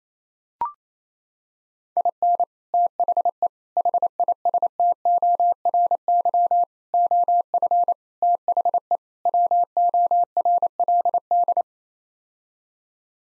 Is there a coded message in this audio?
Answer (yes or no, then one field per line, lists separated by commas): yes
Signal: Morse code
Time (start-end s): 2.0-11.6 s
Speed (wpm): 27 wpm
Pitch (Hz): 700 Hz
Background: none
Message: IN THE HISTORY OF THE WORLD